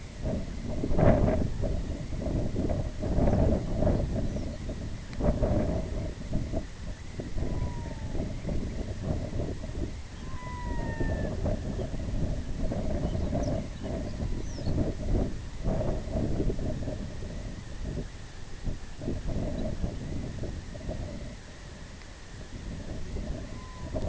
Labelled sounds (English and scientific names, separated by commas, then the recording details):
Snow Bunting (Plectrophenax nivalis), Red-throated Loon (Gavia stellata)
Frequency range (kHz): Snow Bunting (Plectrophenax nivalis) 2.6-7.0 kHz
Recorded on Arctic tundra, site IGLO-B, on 23 June 2018
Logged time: 11:59